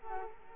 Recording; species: mosquito wingbeat signal from an infrared sensor; Culex quinquefasciatus